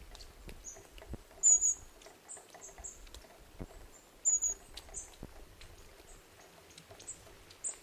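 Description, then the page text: Long-tailed tit calls: thin, very high notes scattered throughout, two louder ones near the start and middle, with soft clicks and rustling underneath. "Jarek Matusiak - Длиннохвостая синица (Aegithalos caudatus)"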